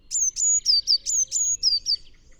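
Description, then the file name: Eurasian blue tit: a rapid string of several thin, high, down-slurred whistled notes, all in under two seconds. "Cyanistes caeruleus"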